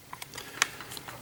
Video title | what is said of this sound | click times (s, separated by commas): Zblex French Reviews : FT-30A Maverick | petit peu de mal à venir se clipser voilà | 0.6 s